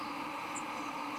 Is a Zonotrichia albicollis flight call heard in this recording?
no